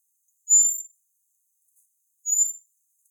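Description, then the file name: Common blackbird giving two thin, very high drawn-out whistled notes, each about half a second long, about two seconds apart, in otherwise near silence. "Turdus merula"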